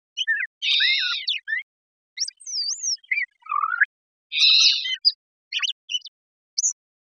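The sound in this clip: Brown thrasher song: varied phrases of buzzy, harmonic bursts mixed with short whistled slurs and chips, delivered in quick separated bursts against a quiet background.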